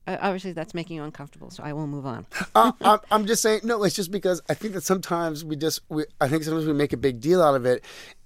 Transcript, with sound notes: Obviously, that's making you uncomfortable so I will move on.
(LAUGHTER)
I'm just saying - no, it's just because I think that sometimes we just, I think sometimes we make a big deal out of it